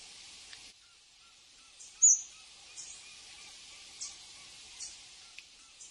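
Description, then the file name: Red-legged honeycreeper uttering a single piercing high chip, followed by a few soft, faint high ticks against background hiss. "canto do saira beija flor"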